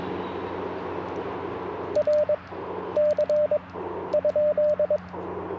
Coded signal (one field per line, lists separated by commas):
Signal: Morse code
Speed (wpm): 22 wpm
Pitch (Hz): 600 Hz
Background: radio noise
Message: RC ?